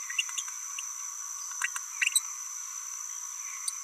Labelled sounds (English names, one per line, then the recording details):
Green-rumped Parrotlet babbling
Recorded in a nest box in Venezuela
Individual 18B17A3